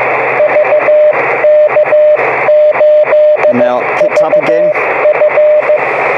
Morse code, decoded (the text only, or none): VK8VF